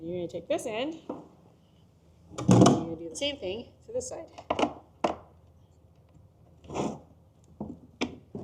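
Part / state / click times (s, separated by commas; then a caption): fuel line quick connector onto outboard motor/fuel tank fitting / not seated / none. A fuel line's quick-connect fitting is handled at its second end, ready to go onto the outboard motor or fuel tank fitting, the same step as the first end, while someone talks. A few short, sharp knocks and taps come through between the speech. Nothing has seated or clicked yet.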